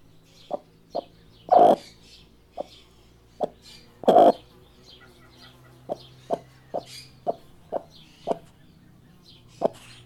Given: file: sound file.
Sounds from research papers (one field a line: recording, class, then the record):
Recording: poultry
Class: laying eggs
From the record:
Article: Edge intelligence for poultry welfare: Utilizing tiny machine learning neural network processors for vocalization analysis